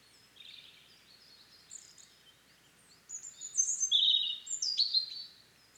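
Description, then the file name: European robin singing soft high notes at first, then a louder run of bright, slurred whistles and trills in the second half. "Erithacus rubecula"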